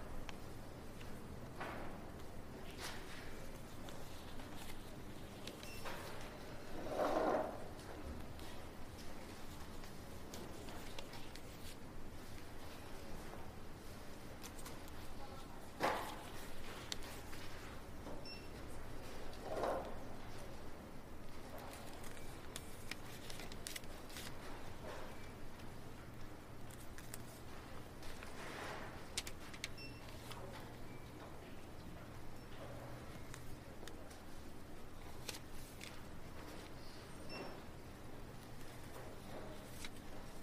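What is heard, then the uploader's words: Quiet library ambiance with a steady low hum, faint murmured voices, and scattered soft knocks and shuffles, louder bumps near 7 and 20 seconds. Library Ambiance. This calm and quiet library.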